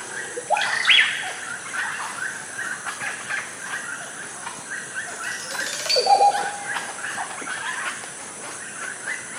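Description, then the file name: Oropendola song: liquid gurgling notes and swooping slides, two louder bursts several seconds apart, with a steady high insect whine throughout. "oropendola bird singing"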